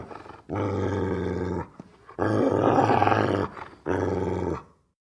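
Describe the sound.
Dobermann giving three harsh growls with brief pauses between.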